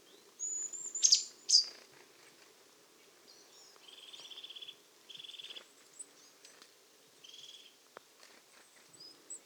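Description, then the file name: Marsh tit calls: two sharp high notes, then three short buzzy, nasal bursts spaced a second or two apart. "Poecile palustris"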